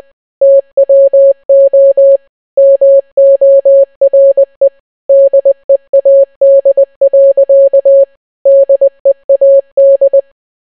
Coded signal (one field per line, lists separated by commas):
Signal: Morse code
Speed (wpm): 20 wpm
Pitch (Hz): 550 Hz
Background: none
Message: TWO MORE DEAD. DEAD